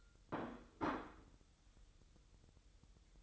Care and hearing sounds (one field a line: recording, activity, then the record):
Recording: daily activity, microphone in the room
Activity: place plate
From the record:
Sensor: 3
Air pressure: 988.6 hPa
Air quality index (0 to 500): 199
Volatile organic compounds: 348 ppm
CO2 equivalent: 4580 ppm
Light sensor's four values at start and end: 22/71/30/25 and 22/71/30/25